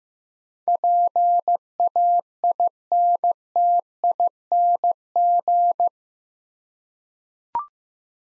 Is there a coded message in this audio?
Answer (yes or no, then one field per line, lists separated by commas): yes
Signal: Morse code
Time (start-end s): 0.7-5.9 s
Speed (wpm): 15 wpm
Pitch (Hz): 700 Hz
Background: none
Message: PAINTING